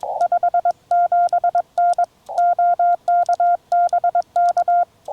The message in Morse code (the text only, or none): 57N OK BK